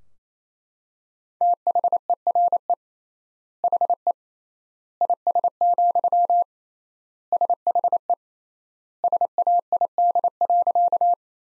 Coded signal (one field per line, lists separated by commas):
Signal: Morse code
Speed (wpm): 28 wpm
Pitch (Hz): 700 Hz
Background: none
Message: THERE HE IS, SHE SAID.